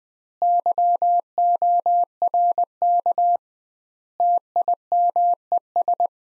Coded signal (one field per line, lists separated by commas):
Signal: Morse code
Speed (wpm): 21 wpm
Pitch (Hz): 700 Hz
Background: none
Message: YORK TIMES